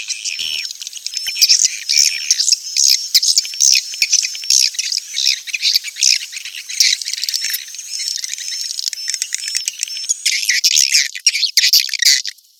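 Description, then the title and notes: Swiftlet calls: irregular clusters of sharp, high, chattering chirps with short thin whistles between them. Sound used for swiftlet farming in Asia. "Swiflet Bird Sound. Farming Swiflet Bird asia sound"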